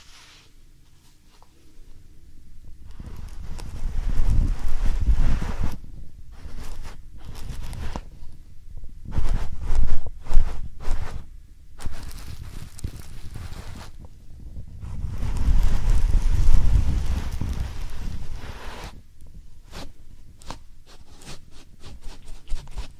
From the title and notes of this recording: ASMR Real Soft Powder Ear Massage (No Talking).